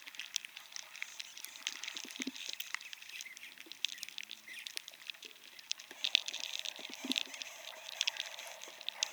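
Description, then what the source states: Beetle feeding noise inside a pine: a continuous patter of sharp irregular clicks and scratchy ticks. A beetle species eating the inside of piñon pines in New Mexico, damaging the trees; recorded inside the trees by David Dunn.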